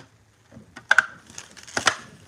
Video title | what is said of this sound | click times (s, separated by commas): LIVE HASLAB PROTON PACK UNBOXING | all right let's try this side hear the the click of Doom | 0.9 s